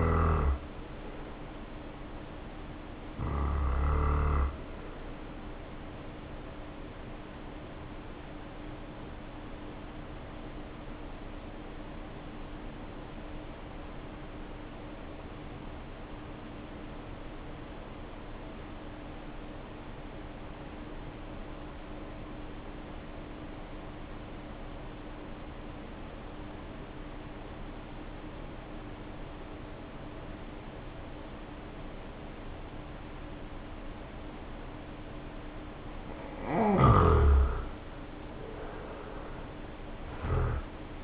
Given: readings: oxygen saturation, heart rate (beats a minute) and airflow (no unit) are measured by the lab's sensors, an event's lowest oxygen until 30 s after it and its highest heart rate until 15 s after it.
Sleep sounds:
breathing in sleep by a voice recorder at the bedside; 1
4.00-33.80 s: hypopnea (N2, oxygen 95% highest, then 75% lowest, heart rate 58 at the start, 70 highest)
5.00-41.04 s: new sleep stage, N1 (lightest sleep)
From the record:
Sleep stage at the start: N2 (light sleep); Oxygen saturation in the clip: 83 to 95%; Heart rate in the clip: 51 to 67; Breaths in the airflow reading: 8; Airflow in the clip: -1.5 to 2.4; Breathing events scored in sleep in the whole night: 520 in 7.2 hours asleep

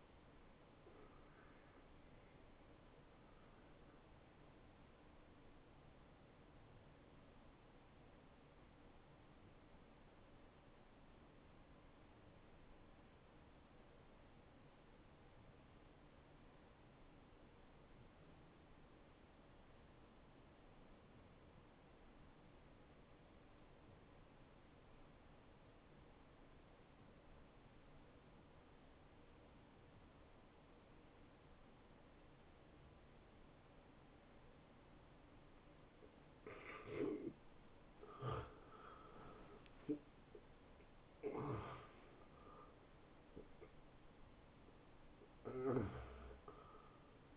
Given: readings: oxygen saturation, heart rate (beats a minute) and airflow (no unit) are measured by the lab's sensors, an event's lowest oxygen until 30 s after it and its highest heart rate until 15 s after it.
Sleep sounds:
breathing in sleep by a voice recorder at the bedside; 1
5.00-38.00 s: hypopnea (N1, oxygen 93% highest, then 83% lowest, heart rate 76 at the start, 86 highest)
19.00-47.37 s: new sleep stage, N2 (light sleep)
From the record:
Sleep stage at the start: N1 (lightest sleep); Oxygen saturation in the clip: 85 to 93%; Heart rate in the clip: 68 to 81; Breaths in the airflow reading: 5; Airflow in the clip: -18.4 to 10.1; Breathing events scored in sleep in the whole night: 263 in 5.5 hours asleep

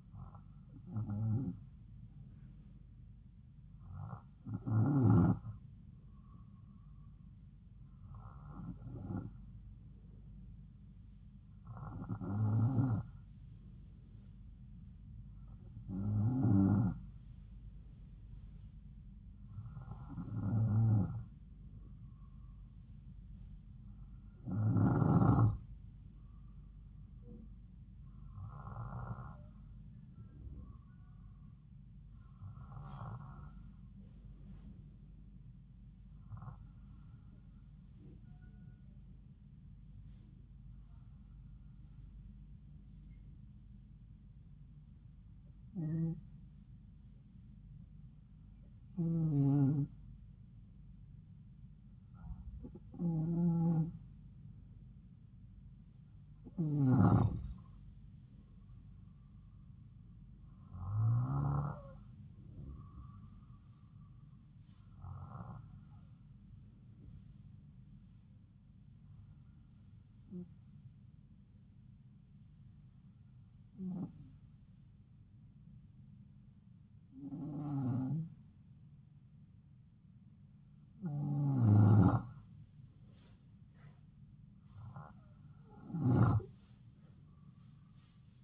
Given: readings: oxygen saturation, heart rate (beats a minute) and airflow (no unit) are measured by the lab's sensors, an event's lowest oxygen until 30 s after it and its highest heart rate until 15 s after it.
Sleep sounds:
breathing in sleep by a smartphone at the bedside; 1
68.00-83.40 s: hypopnea (N2, oxygen 94% highest, then 91% lowest, heart rate 73 at the start, 74 highest)
From the record:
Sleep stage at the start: N2 (light sleep); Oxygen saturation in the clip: 92 to 94%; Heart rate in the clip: 70 to 77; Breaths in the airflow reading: 22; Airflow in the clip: -4.6 to 6.9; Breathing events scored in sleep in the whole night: 270 in 6.1 hours asleep

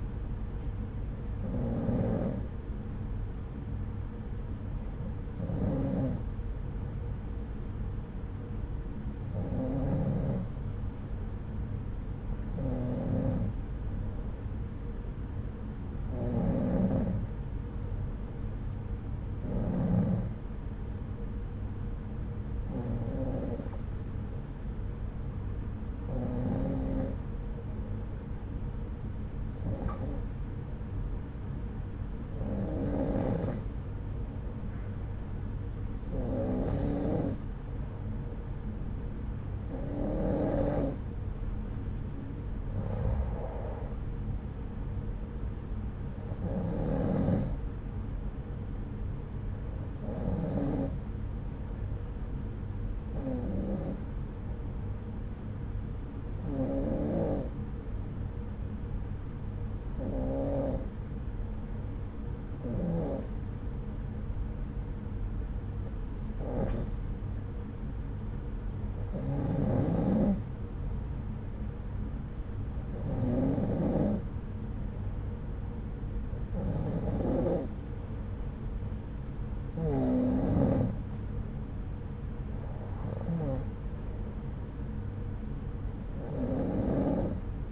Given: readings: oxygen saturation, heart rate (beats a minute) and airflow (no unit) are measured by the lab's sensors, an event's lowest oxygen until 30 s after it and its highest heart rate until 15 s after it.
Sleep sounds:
breathing in sleep by a smartphone at the bedside; none
none scored
From the record:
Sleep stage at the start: N2 (light sleep); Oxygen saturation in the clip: 92 to 94%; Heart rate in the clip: 62 to 82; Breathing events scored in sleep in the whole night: 303 in 8.1 hours asleep

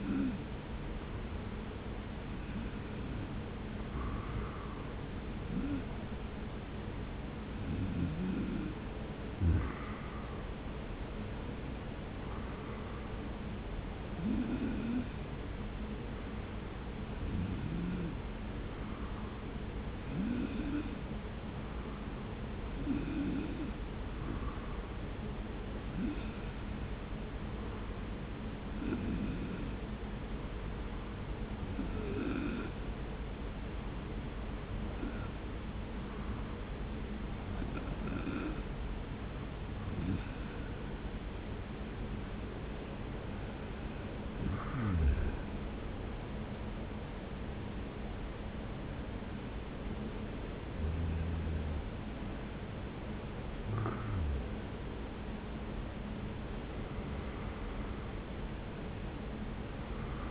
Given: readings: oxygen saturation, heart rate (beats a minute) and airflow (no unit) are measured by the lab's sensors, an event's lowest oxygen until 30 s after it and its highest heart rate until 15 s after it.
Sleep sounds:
breathing in sleep by a voice recorder at the bedside; 1
24.00-40.60 s: hypopnea (N2, oxygen 94% highest, then 91% lowest)
52.00-60.31 s: new sleep stage, N1 (lightest sleep)
From the record:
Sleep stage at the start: N2 (light sleep); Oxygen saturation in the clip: 91 to 95%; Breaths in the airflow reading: 17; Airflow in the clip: -1.4 to 1.9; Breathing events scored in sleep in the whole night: 335 in 6.7 hours asleep

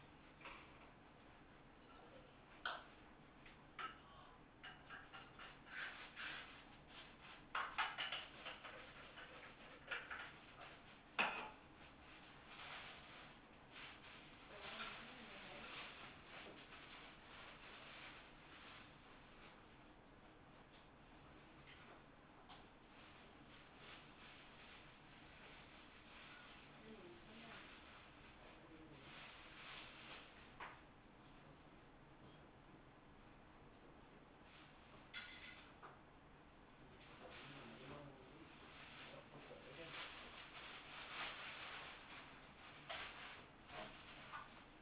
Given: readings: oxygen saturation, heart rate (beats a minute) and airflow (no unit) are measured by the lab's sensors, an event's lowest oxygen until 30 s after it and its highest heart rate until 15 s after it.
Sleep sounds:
a person awake in a sleep study, by a voice recorder at the bedside; none
0.00-44.82 s: awake
0.00-44.82 s: awake
From the record:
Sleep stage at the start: awake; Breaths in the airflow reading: 16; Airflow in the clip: -0.7 to 0.7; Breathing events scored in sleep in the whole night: 328 in 6.3 hours asleep

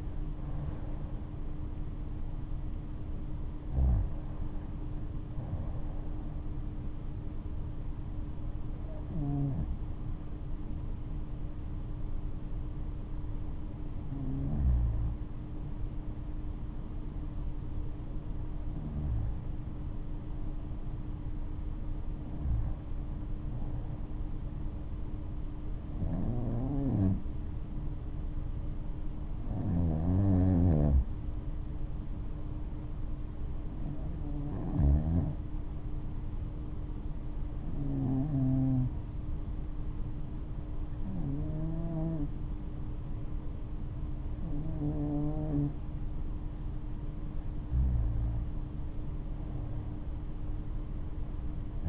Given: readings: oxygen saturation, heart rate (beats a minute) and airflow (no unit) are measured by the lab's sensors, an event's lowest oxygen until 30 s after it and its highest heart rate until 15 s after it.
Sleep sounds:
breathing in sleep by a smartphone at the bedside; 1
11.00-45.90 s: hypopnea (REM, oxygen 95% highest, then 90% lowest, heart rate 71 at the start, 73 highest)
From the record:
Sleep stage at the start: REM sleep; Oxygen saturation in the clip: 87 to 95%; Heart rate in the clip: 65 to 75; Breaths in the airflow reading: 12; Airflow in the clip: -10.3 to 8.3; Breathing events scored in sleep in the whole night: 228 in 5.4 hours asleep

